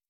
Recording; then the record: hydrophone in a shrimp aquaculture tank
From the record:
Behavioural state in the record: stressed